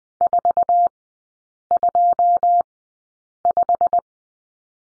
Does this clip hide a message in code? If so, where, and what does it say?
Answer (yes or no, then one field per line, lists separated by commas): yes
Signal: Morse code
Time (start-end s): 0.2-4.0 s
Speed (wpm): 20 wpm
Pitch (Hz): 700 Hz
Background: none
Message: 425